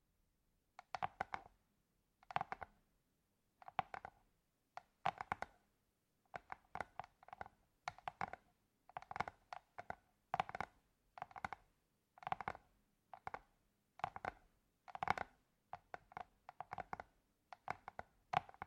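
ASMR tapping: short clusters of crisp taps come about once a second for the whole clip, each burst a quick flurry of two to four hits. The taps ring briefly with a bright, slightly hollow tone, over a faint steady low hum between them.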